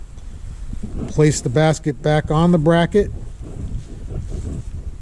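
A removable bike basket is placed back onto its handlebar bracket on a RadRunner and lined up before the handle is lowered to lock it, while someone talks over steady wind noise. Nothing has seated or clicked yet.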